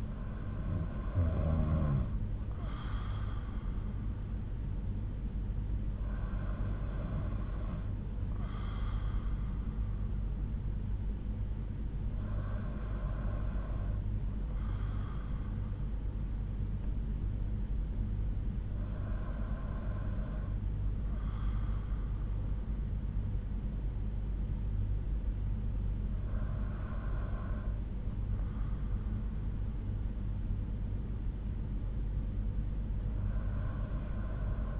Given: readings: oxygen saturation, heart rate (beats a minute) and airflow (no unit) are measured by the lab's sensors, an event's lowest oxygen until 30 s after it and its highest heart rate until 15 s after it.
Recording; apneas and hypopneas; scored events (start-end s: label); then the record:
breathing in sleep by a smartphone at the bedside; none
none scored
From the record:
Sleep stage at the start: N2 (light sleep); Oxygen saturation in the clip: 92 to 94%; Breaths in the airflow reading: 5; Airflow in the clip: -4.5 to 3.6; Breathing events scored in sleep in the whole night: 368 in 8.0 hours asleep